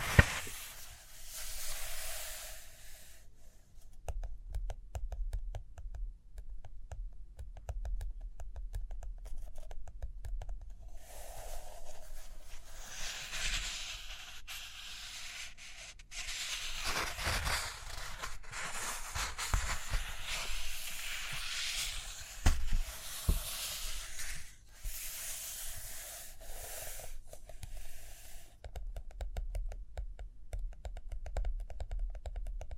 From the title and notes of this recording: ASMR Study With Me Page Turning and Tapping, Writing, Drawing (No Talking).